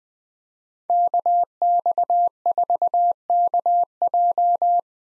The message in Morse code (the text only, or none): KX4KJ